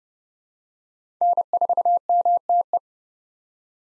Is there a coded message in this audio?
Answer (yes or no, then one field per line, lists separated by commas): yes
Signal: Morse code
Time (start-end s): 1.2-2.8 s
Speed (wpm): 30 wpm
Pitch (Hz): 700 Hz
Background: none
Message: N4MTE